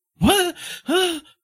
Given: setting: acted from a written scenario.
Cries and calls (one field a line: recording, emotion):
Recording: vocal sound without words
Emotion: elation